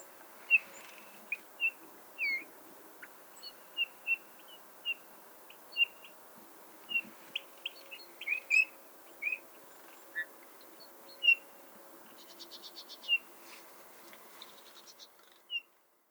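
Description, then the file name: Eurasian bullfinch calling with short, soft whistled notes repeated at fairly even intervals, with a brief burst of higher chattering notes near the end. "Pyrrhula pyrrhula"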